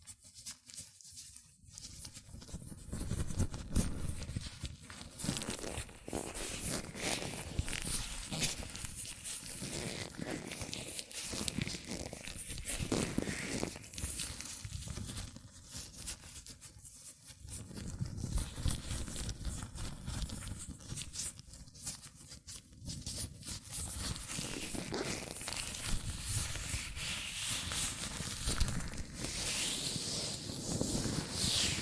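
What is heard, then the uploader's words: Latex gloves rubbing and squeaking against hands, a dense, continuous run of crinkly, stretchy friction noise. The texture shifts constantly with quick snaps and smears, briefly dropping out near 1 and 17 seconds before resuming at a fairly even level. ASMR Latex Gloves Hand Sounds (No Talking).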